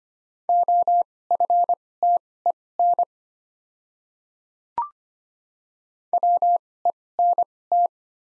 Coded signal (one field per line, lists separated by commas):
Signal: Morse code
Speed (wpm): 25 wpm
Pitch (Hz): 700 Hz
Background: none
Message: OFTEN WENT